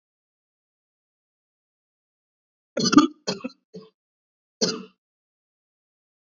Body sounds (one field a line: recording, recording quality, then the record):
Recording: shallow breathing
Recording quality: poor, much background noise or distortion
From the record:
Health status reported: COVID-19 positive, mild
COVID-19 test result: positive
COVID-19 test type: RT-PCR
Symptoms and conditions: cough, fatigue, muscle pain, hypertension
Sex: male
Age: 35 years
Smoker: yes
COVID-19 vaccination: both doses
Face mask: worn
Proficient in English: yes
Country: India